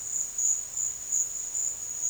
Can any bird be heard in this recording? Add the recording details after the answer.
no. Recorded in dense forest near Puerto Asís, Putumayo, Colombia, on 13 March 2025 at 13:00. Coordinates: 0.481, -76.323. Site G088